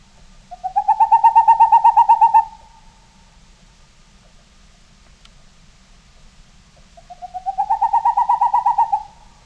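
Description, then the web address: Boreal owl giving two rapid trills of soft, hollow hoots, each series building in loudness. "Peterson North American Birds"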